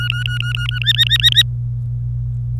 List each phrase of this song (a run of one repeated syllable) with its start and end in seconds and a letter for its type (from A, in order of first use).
0.00-0.79 A, 0.82-1.43 B